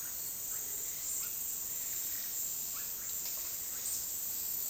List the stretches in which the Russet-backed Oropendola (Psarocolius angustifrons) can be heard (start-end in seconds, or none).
0.00-3.09